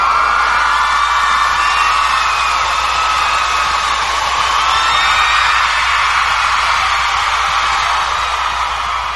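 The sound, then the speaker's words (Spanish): A crowd cheers loudly and steadily, with high whoops and shouts rising above a dense roar of applause that holds at full volume for several seconds. “Una ovación para ustedes.”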